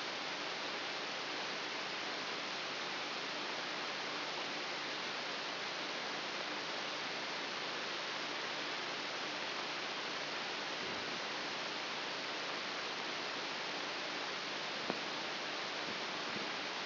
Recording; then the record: brain microelectrode recording played as sound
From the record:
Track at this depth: outside the subthalamic nucleus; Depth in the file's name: 4.898 mm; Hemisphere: left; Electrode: 3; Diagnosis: Parkinson's disease